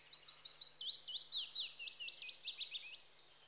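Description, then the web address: European robin song, a rapid series of high slurred whistles, rising and falling, over steady background hiss. Spring. "BBC Sound Effects Library Birds Robin (Erithacus Rubecula) Spring"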